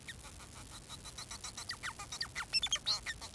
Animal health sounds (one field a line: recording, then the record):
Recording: song of a male Bengalese finch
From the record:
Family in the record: son of father 4